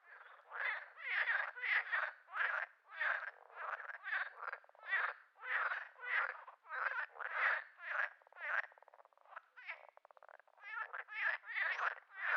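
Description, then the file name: Frog calls in a long series of harsh, chattering croaks about twice a second, with a brief break of fainter, clicking sounds before the croaking resumes. Frog described as laughing. "Digiffects Sound Effects Library - Frog Laughing"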